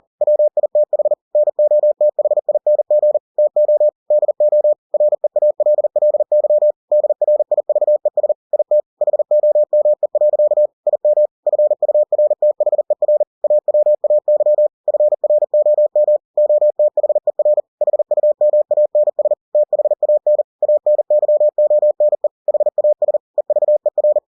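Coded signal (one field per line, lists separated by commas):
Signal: Morse code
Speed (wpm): 40 wpm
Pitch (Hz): 600 Hz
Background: none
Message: WITH NOTHING TO DO REALLY DRIVES IT HOME. IM FURTHER AWAY FROM OTHER HUMANS THAN ANYONE HAS EVER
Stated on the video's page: Book text converted to Morse by software at 40 WPM for head-copy practice.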